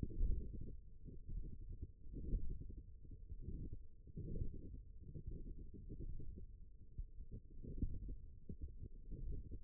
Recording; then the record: forearm muscle sounds (acoustic myography)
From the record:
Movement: hook grip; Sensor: system 1, eight BSWA MPA416 microphones around the upper forearm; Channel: 7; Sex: female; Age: 20 years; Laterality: right